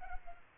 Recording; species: mosquito wingbeat signal from an infrared sensor; Culex pipiens